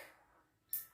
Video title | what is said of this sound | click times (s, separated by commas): My Journey With ESRD - My Setup For NxStage Cycler Using Hanging Bags & Red Sensor | we're going to clamp, we're going to break the frangible, which is pushing down. You hear a click. | 0.7 s